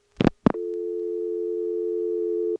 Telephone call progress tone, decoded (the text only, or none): dial tone